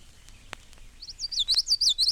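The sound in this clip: Common Yellowthroat song: quick, high, rolling phrases repeated in a bright rhythmic pattern, starting after a second of near silence.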